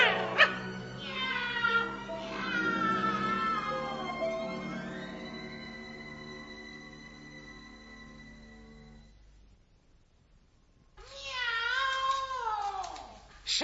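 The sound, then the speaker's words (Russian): A cat, Monsieur Hercule, meows in a long, wavering, drawn-out cry that slides in pitch for several seconds as balloons lift it up into the air, fades, then after a brief silence gives another loud, bending meow. “Воздушные шары поднимают кота вверх.”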